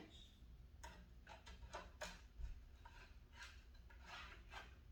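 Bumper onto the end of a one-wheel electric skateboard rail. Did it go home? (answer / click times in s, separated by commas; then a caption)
no / none. A plastic bumper is being slid onto the end of the rail of a Onewheel Pint X one-wheel electric skateboard, pushed along so it will lock into place. Dry scraping and rubbing sounds come in short bursts, with sharp knocks around 0.8 and 1.5 seconds. Nothing has seated or clicked yet.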